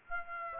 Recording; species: mosquito wingbeat signal from an infrared sensor; Aedes aegypti